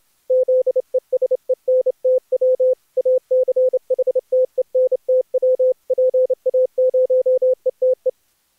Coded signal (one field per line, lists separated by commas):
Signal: Morse code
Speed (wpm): 29 wpm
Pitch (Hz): 510 Hz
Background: none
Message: ZESENTW ACHTENTW PA0ETE